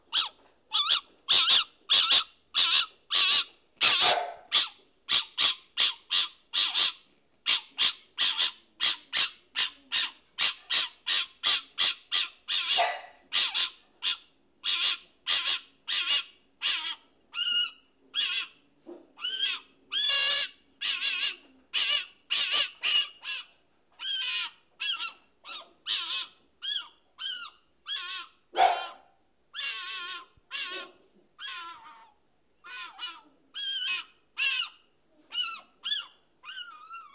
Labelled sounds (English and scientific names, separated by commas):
Golden Jackal (Canis aureus) howling